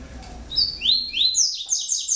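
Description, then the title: Double-collared seedeater song: a quick run of bright, sliding whistled notes, rising higher toward the end. "Canto Coleiro"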